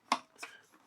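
The release on the plastic dust bin of a Shark Detect Empty & Clean (IW4625) cordless vacuum is pressed while the bin is held over a trash can. The lid gives a sharp click at 0.1 s and pops open, followed by a softer knock at 0.4 s. The bin lid is released and open.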